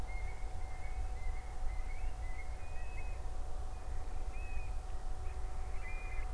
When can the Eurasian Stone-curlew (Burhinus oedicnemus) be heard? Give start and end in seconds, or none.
0.05-3.15, 4.13-4.69, 5.24-5.36, 5.74-6.26